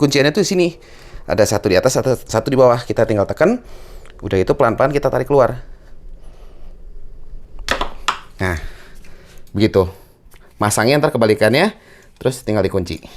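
Someone talks while pressing the two locking tabs, one on top and one on the bottom, of the plastic fuel hose quick connector on an Xmax scooter's fuel pump outlet. The hose is first pushed in so the lock lets go, then the connector is slowly pulled off the pump nipple. A few small clicks come around 7.6–7.8 s, then the connector pops free with a sharp snap at 8.1 s, and the talking resumes.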